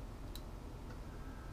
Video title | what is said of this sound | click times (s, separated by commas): Pirate-Tech episode 2 | that was a click that's the right end if it doesn't click it's the wrong end | 0.4 s